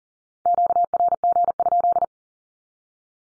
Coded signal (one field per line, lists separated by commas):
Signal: Morse code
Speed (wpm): 40 wpm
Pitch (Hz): 700 Hz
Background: none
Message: QRG?